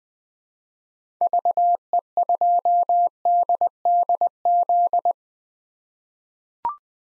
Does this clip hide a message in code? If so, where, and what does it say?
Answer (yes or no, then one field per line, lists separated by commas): yes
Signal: Morse code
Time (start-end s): 1.2-5.1 s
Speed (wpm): 20 wpm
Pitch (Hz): 700 Hz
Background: none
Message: VE2DDZ